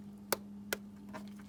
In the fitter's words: on the coils you hear it clipped twice on the spark plug i heard it click once